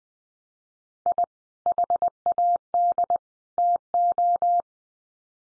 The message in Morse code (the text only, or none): I HAD TO